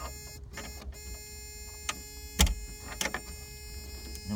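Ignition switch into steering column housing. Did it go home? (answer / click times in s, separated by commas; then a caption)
no / none. A replacement ignition switch on a Toyota truck is pushed straight into its housing on the steering column, making a few short knocks and taps around 1.9, 2.4, 3.0 and 3.1 seconds over a steady low hum. The switch still has not clicked or seated into the housing.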